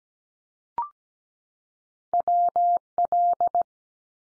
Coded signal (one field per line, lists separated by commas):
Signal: Morse code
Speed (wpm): 17 wpm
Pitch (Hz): 700 Hz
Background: none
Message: WL